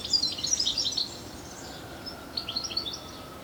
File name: Carduelis carduelis